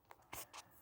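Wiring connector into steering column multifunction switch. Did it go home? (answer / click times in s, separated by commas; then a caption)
no / none. A white plastic electrical connector is handled on top of the multifunction switch in the steering column of a 2007–2017 Jeep Patriot or Compass, being readied to push into its socket. A brief tick sounds at 0.1 s, then a louder scraping rustle around 0.3–0.4 s and a softer one near 0.5–0.6 s. Nothing has seated or clicked yet.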